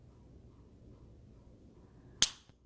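An autoinjector pen (Cosentyx Sensoready) pressed straight down into the thigh and held through the injection gives a sharp, loud completion click at 2.2 s as the dose finishes. A faint tick follows at about 2.5 s over a low background hum.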